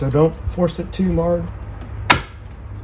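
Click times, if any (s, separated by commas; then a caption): 2.1 s. A keyed pin connector, lined up by its arrow with the keyway, is pushed home into its socket. Someone talks at the start, then one sharp, loud click comes at 2.1 s as it seats fully.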